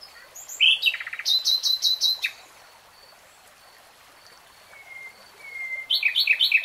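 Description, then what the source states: Nightingale song with phrases of rapid repeated notes, a pause holding two soft whistles, then another burst of quick notes. Nightingale singing, recorded in real time.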